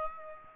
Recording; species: mosquito wingbeat signal from an infrared sensor; Aedes aegypti